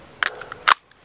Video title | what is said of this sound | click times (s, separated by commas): Fobus APN Holster Review: Modular Carry System | it locks in you can hear it click | 0.2 s